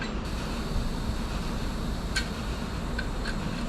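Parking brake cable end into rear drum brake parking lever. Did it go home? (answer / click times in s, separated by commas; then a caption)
yes / 3.0 s. A rear parking brake cable end is pushed into the parking brake lever of a rear drum brake on a 2005–2008 Chevy Silverado or GMC Sierra, over a steady low background rumble. A metallic tick comes at 2.2 seconds, then the cable end clicks past the crescent retainer and seats at 3.0 seconds.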